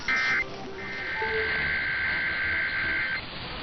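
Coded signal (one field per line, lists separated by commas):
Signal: Emergency Alert System (SAME) tones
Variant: header bursts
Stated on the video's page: Required weekly tests.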